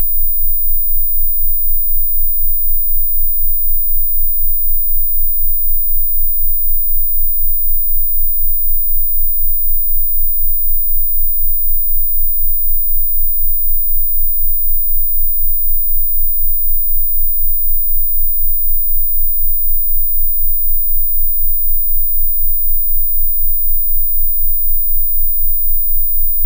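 A pair of very low sine tones, around 15 Hz and 19 Hz, sits far below normal hearing as a deep, steady rumble. The level throbs in a fast, even pulse the whole way through, with no other sounds and nothing higher up.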